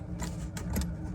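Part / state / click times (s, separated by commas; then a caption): push-fit water connector onto a lavatory faucet valve body / not seated / none. A push-fit water line connector is handled at a lavatory faucet valve body, with a low steady background and brief light taps and rattles around 0.6 s and 0.8 s. The clip ends just before the connector goes home, so nothing has seated or clicked yet.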